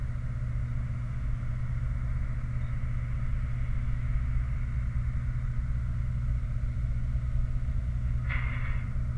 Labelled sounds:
truck
machinery
flare stack
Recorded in the Prudhoe Bay oil fields, Alaska, on 29 July 2019 at 03:54
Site 29

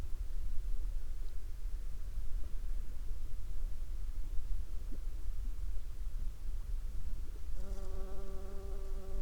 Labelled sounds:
water
insects
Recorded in the Prudhoe Bay oil fields, Alaska, on 11 July 2021 at 23:43
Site 21

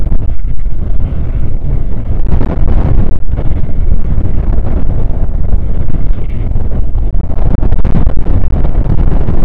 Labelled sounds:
wind
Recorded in the Prudhoe Bay oil fields, Alaska, on 1 August 2019 at 02:03
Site 29

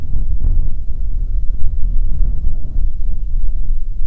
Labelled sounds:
songbird
weather or water
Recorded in the Prudhoe Bay oil fields, Alaska, on 6 June 2019 at 04:41
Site 16

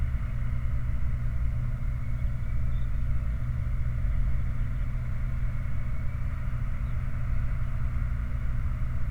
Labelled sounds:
bird
truck
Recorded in the Prudhoe Bay oil fields, Alaska, on 29 July 2019 at 03:38
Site 29

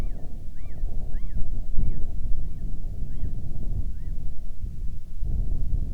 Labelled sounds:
bird
wind
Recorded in the Arctic National Wildlife Refuge, Alaska, on 10 July 2019 at 17:48
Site 44

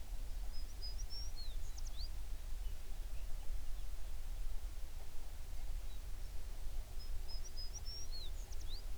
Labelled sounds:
songbird
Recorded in the Prudhoe Bay oil fields, Alaska, on 11 June 2019 at 04:38
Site 21

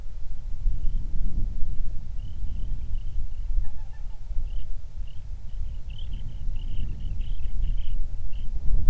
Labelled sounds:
songbird
waterfowl
wind
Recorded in the Prudhoe Bay oil fields, Alaska, on 31 July 2019 at 07:55
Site 24

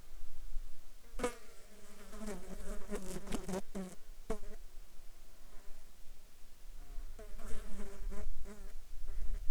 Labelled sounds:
insects
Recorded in the Arctic National Wildlife Refuge, Alaska, on 14 July 2019 at 21:42
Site 35

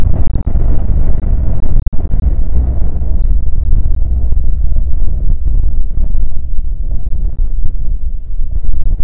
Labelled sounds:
songbird
wind
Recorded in the Prudhoe Bay oil fields, Alaska, on 5 June 2019 at 18:46
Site 16

